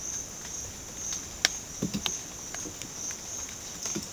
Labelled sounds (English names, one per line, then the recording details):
none
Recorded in dense forest near Puerto Asís, Putumayo, Colombia, on 9 March 2025 at 13:00
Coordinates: 0.486, -76.317
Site G053